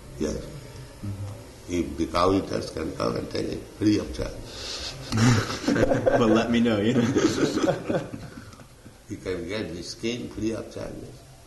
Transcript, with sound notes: Yes. If the cow-eaters can come and take it free of charge. [laughter]
Well, let me know, you know.
You can get the skin free of charges.